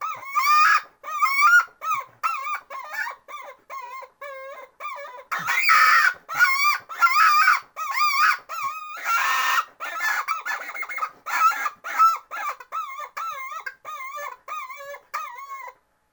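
Chicken distress calls: loud, harsh squawks that waver up and down, given in a fast, uneven series, with some louder, noisier screeches.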